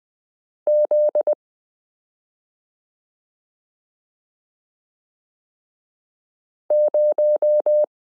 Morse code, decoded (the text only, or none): Z0